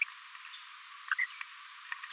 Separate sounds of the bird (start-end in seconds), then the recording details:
0.01-0.04, 1.18-1.26, 2.09-2.10. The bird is a female. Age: 22 days. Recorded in a nest box in Venezuela. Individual 17B42A4